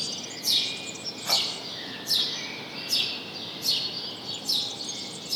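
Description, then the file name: House sparrow calls, crisp chirps repeated steadily just under a second apart, over a light background hiss. "Passer domesticus"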